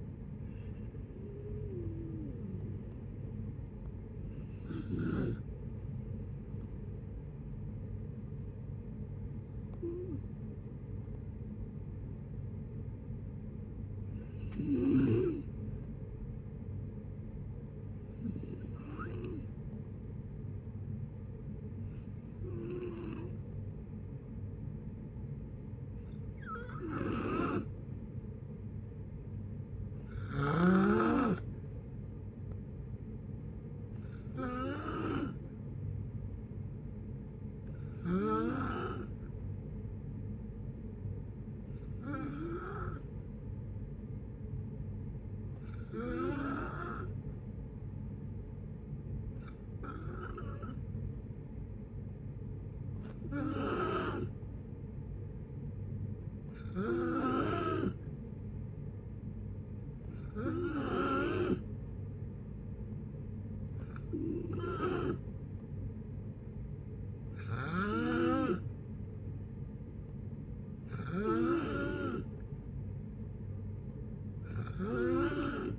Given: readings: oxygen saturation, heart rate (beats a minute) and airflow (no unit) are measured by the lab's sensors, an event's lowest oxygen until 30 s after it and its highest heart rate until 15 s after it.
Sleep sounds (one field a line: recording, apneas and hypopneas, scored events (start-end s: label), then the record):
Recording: breathing in sleep by a smartphone at the bedside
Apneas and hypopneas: 1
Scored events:
0.00-15.00 s: awake
13.00-43.00 s: new sleep stage, N1 (lightest sleep)
13.00-52.80 s: hypopnea (scored as awake, oxygen 97% highest, then 89% lowest, heart rate 65 at the start, 65 highest)
43.00-75.78 s: new sleep stage, N2 (light sleep)
From the record:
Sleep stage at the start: awake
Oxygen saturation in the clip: 89 to 97%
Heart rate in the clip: 57 to 73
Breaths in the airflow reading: 19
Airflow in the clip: -10.2 to 6.1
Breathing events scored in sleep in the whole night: 496 in 5.4 hours asleep